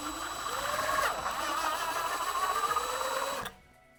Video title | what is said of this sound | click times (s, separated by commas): RV Awning Attachment Rail Pull Out Repair Using Moly Rivets | just like that it's stripped out and you're not going to have any holding power | none